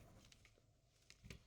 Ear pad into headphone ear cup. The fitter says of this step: And you should hear a click. There we go.